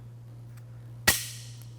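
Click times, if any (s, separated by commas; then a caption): 1.1 s. A plastic slide is pushed up into the upside-down aluminum base rail of a TracRac G2 truck rail system being installed on a 2012 Ford F-150. Over a steady low hum, a faint tick comes at 0.6 s, then a sharp, bright click at 1.1 s that rings out briefly, and a soft tick follows at 1.6 s. The slide seats, clicking into place at 1.1 s.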